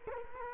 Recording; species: mosquito wingbeat signal from an infrared sensor; Culex quinquefasciatus